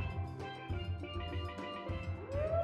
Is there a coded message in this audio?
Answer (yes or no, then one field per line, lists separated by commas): no